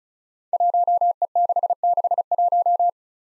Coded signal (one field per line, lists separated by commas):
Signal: Morse code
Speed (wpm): 34 wpm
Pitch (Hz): 700 Hz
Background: none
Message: 1E661